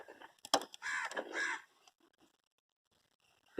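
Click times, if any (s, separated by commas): 0.5 s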